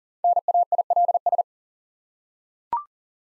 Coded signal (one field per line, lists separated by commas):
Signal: Morse code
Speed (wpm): 40 wpm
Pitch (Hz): 700 Hz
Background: none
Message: NAILS